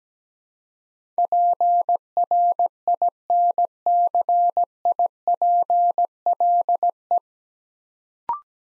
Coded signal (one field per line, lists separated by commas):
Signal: Morse code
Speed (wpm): 17 wpm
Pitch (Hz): 700 Hz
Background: none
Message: PRINCIPLE